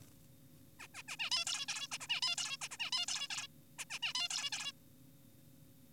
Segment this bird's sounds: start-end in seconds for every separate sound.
0.80-0.87, 0.94-1.02, 1.08-1.16, 1.20-1.30, 1.32-1.45, 1.47-1.66, 1.68-1.87, 1.92-1.98, 2.01-2.07, 2.09-2.21, 2.22-2.36, 2.38-2.57, 2.62-2.68, 2.71-2.77, 2.80-2.90, 2.92-3.06, 3.08-3.28, 3.30-3.47, 3.79-3.85, 3.91-3.99, 4.03-4.13, 4.15-4.29, 4.30-4.50, 4.52-4.72